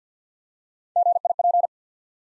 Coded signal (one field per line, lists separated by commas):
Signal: Morse code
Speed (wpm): 50 wpm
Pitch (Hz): 700 Hz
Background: none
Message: GIP